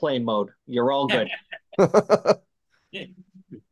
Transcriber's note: laughing